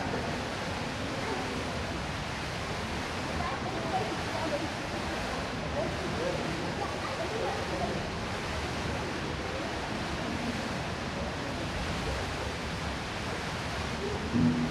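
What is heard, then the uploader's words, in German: Echoes fill an indoor swimming pool hall as a dense, steady wash of rushing water, with faint, blurred voices mixed into the reverberant roar. The level barely changes throughout, apart from a brief, slightly louder knock near the very end. Beruhigende Echos im Hallenbad - Setz dich an den Beckenrand und Lausche dem Rauschen.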